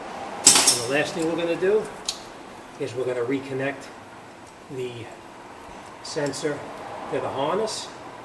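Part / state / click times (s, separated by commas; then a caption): rear ABS sensor connector into wiring harness plug / not seated / none. Someone talks while the plastic electrical connector of a Dodge's rear ABS wheel-speed sensor is handled to be pushed onto the vehicle wiring harness connector, with a short sharp sound near 0.5 s. Nothing has seated or clicked yet; the connector has not snapped into the harness plug.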